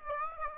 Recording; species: mosquito wingbeat signal from an infrared sensor; Aedes aegypti